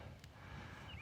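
A quick-release lever on a bike handlebar phone mount, which works like a wheel quick release, is pulled to open its clamp. A single short, sharp click at 0.2 s stands out over low background rumble. The clamp releases.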